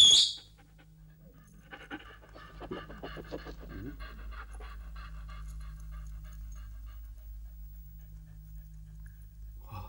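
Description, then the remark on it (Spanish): Dogs pant in quick, steady, breathy rhythm for several seconds, a rough airy texture over a low background hum, with a brief sharper noise at the very start. “Los perros no muerden si no se lo ordenamos mi hija o yo.”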